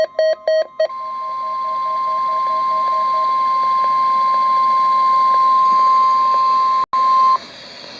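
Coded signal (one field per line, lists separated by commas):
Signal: Emergency Alert System (SAME) tones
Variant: 1050 Hz attention tone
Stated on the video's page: NWS Chicago EAS test that initially failed, finally sent successfully late in the morning.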